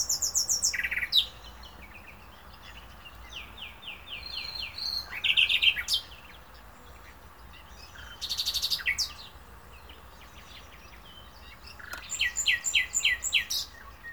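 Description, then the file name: Common nightingale singing in separate bursts: high thin notes, runs of rapid repeated descending notes, and loud rattling trills, with quiet pauses and steady background hiss between phrases. "Luscinia megarhynchos"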